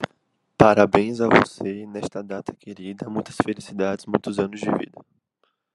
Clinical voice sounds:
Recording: short text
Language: Brazilian Portuguese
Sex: male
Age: 20 to 29 years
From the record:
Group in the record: control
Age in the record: 21 years

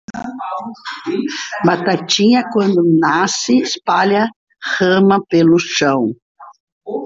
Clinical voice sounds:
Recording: short text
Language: Brazilian Portuguese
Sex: female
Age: 60 to 69 years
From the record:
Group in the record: control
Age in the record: 68 years

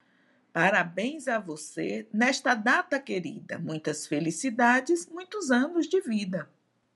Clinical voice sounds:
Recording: short text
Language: Brazilian Portuguese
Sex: female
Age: 50 to 59 years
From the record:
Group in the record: control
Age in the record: 57 years

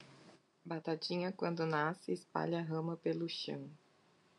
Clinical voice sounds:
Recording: short text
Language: Brazilian Portuguese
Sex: female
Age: 40 to 49 years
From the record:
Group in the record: control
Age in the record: 44 years

